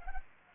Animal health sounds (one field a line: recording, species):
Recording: mosquito wingbeat signal from an infrared sensor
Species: Culex pipiens